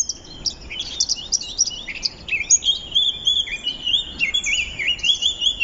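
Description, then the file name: Eurasian blackcap song, continuous rich warbling with jumbled high notes running into repeated wavering, fluty whistles. "Sylvia atricapilla"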